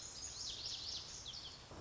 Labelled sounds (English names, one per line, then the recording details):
Lazuli Bunting
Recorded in Sonoma County, California